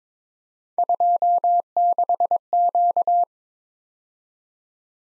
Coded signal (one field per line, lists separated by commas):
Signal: Morse code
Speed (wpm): 22 wpm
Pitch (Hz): 700 Hz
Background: none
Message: 26Q